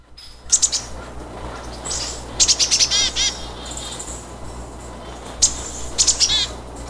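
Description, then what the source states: Great tit song, bursts of high, clear whistled notes in short phrases separated by pauses, over a steady background hiss. Song; recording played back on the radio.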